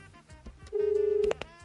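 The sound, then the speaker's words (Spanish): A phone line rings once: a steady mid-pitched tone with a slight pulsing flutter, lasting about half a second, surrounded by faint clicks and line noise. “Al menos está claro que el teléfono suena.”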